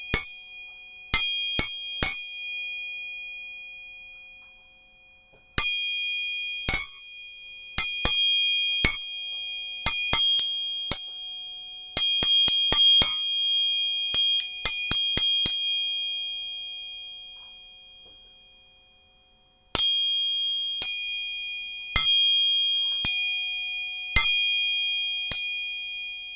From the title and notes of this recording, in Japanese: 音叉チューニング3本。